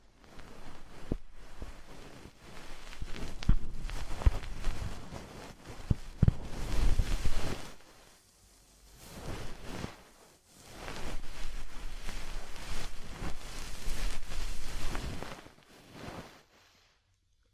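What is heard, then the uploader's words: Ear cleaning, heard as rough scraping and rustling in long waves that swell and fade, with brief sharp clicks around four to seven seconds. DEEP Ear Penetrating Cleaning.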